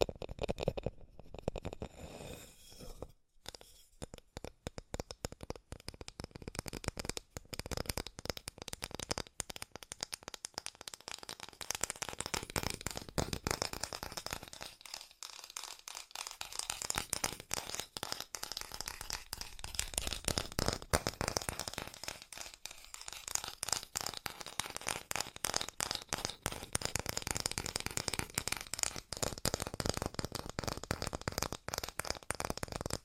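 Fast tapping in dense, crisp bursts of clicks, nearly continuous throughout, with brief pauses near the start and around fifteen seconds.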